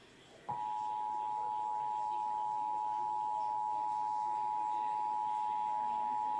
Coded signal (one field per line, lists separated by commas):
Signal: Emergency Alert System (SAME) tones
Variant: 853 and 960 Hz attention tone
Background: speech